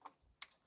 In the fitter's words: Make sure it clicks.